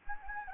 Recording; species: mosquito wingbeat signal from an infrared sensor; Anopheles gambiae